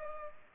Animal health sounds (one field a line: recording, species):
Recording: mosquito wingbeat signal from an infrared sensor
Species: Culex pipiens